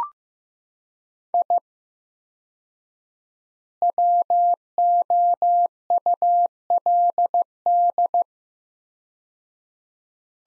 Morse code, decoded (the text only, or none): I WOULD